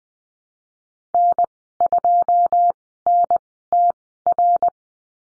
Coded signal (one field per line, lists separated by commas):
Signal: Morse code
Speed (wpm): 20 wpm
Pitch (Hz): 700 Hz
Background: none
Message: N2NTR